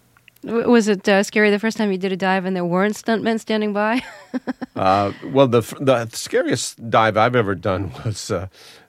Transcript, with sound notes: Was it scary the first time you did a dive and there weren't stunt men standing by? (laughs)
Well, the scariest dive I've ever done